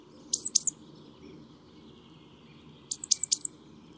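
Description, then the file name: Great tit calling with a pair of sharp, high, down-slurred notes, then after a pause of about two seconds a set of three, against quiet background hiss. "Parus major"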